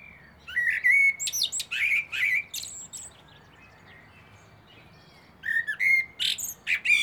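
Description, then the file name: Common blackbird delivering two fluty warbled phrases with squeaky high endings, separated by a short pause. "Turdus merula"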